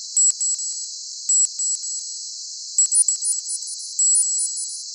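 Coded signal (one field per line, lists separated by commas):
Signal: none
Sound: tinnitus therapy sound beeps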